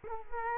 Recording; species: mosquito wingbeat signal from an infrared sensor; Culex quinquefasciatus